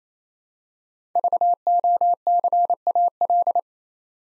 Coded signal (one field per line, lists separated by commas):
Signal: Morse code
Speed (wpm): 28 wpm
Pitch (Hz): 700 Hz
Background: none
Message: VOCAL